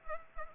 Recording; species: mosquito wingbeat signal from an infrared sensor; Culex pipiens